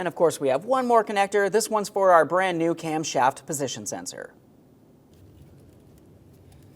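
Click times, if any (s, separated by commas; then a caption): none. A wiring harness connector for the new camshaft position sensor on a 2008-2017 Mitsubishi Lancer is handled and lined up with its locking tab facing forward. Someone talks for the first four seconds, then only faint low taps and handling noises are heard. Nothing has seated or clicked yet.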